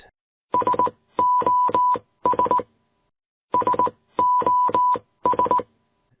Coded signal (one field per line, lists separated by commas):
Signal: Morse code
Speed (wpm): 19 wpm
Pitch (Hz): 990 Hz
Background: none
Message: SOS SOS